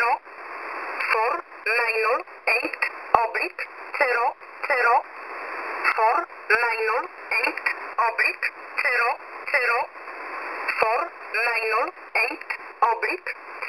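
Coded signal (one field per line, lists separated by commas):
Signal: numbers station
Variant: E11 Oblique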